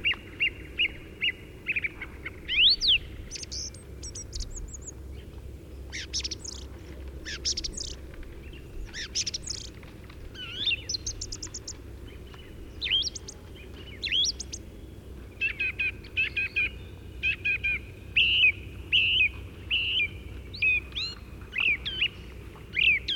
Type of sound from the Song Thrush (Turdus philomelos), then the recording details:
song. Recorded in the wild. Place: Anklam, Mecklenburg-Vorpommern, DE. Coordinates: 53.812, 13.861. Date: 1980-05-24. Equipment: Nagra III BH, Sennheiser MD 21, parabola. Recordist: Schubert, Michael